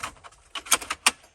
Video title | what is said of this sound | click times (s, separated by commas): How To Fix Broken AC Control Mounts on OBS Ford/Bronco (Easy Dash Repair!) | it'll basically just snap into place and line itself up just like that now | 1.1 s